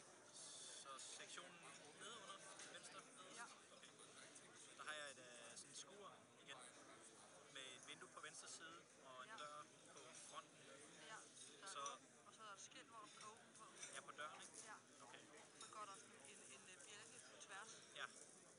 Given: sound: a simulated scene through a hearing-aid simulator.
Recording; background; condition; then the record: conversation; cafeteria; 0 dB SNR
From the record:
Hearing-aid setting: IV (slow-acting compression, loudness normalization); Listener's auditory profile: A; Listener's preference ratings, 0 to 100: 61, 85, 18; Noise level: 65 dB SPL